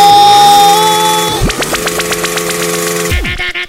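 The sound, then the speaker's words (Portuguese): A motorcycle engine revs hard and loud at a live event in Porto de Moz, holding a high whine before its pitch drops sharply, then settling into a rapid, choppy pulsing rumble that drops again near the end. “Acelera esse motor aí, bora! Pega essa moto! Acelera!”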